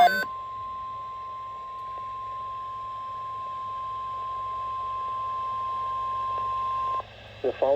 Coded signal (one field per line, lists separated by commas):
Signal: Emergency Alert System (SAME) tones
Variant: 1050 Hz attention tone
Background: speech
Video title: EAS #293 - Flood Watch for Northeast NJ, Southern Connecticut, and Southeast NY